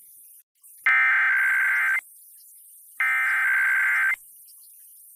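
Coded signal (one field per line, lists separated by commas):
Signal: Emergency Alert System (SAME) tones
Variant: header bursts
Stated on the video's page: Connecticut Monthly Test on Hartford FM station 95.7 MHz, 16.5 kW, received via SDR 35.4 miles from the transmitter.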